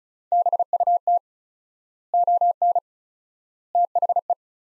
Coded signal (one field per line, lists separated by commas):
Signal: Morse code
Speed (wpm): 34 wpm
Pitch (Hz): 700 Hz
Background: none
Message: BUT ON THE